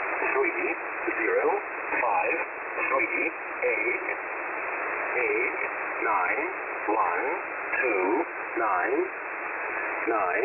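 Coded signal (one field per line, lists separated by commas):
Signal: numbers station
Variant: E07a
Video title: E07a On 5811 kHz USB February 25, 2021 05:50 UTC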